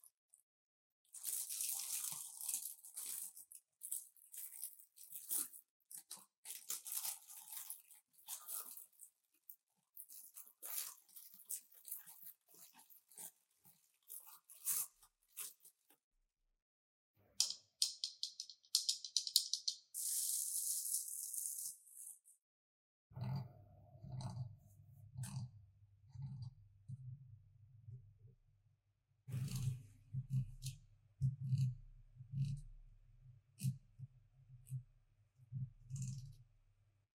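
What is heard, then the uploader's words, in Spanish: Paper and packaging are handled as an item is carefully unboxed. Bright crinkling and rustling bursts fill the first twenty seconds, with a sharp tearing hiss near the middle. Later, softer low thumping and rubbing sounds come in short regular pulses. Unboxing ASMR Relajante: Lente Macro Canon 100mm f/2.8L Sonidos y Texturas Increíbles. Escucha los sonidos suaves y cautivadores del papel, la caja y los elementos protectores mientras los desempacamos con cuidado.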